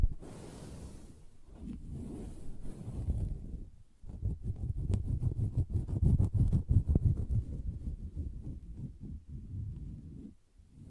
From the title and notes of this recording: ASMR Soft Fabric Surface Tapping & Scratching (No Talking).